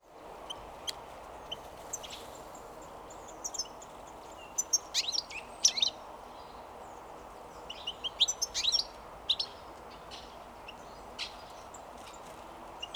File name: Carduelis carduelis